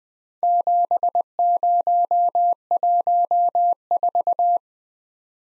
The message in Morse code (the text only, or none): 7014